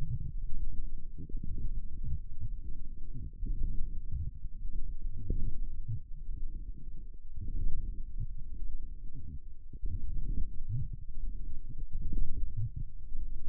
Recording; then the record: forearm muscle sounds (acoustic myography)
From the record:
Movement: forearm supination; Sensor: system 1, eight BSWA MPA416 microphones around the upper forearm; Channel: 5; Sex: female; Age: 21 years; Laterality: right